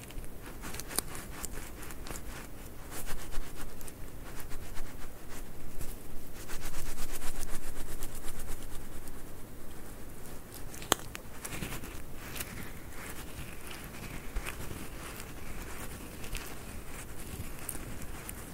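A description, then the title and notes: Squishy stress balls are squeezed and kneaded close to the microphone, giving a dense run of soft crackles, sticky clicks and rustling. The squishing swells to its busiest and loudest around seconds three to nine, then settles into a steadier, quieter rhythm with occasional sharp clicks. ASMR SQUISHY SOUNDS, ASMR SQUISHY STRESS BALLS, ASMR STRESS BALL, ASMR NO TALKING.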